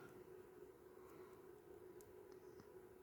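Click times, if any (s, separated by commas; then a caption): none. A plastic drill bit accessory is pushed into the side mount of an action figure's backpack, but it only sits loosely and does not lock in. Over a steady low hum, faint plastic handling taps are heard at about 2.0, 2.3 and 2.6 seconds, and nothing has seated or clicked.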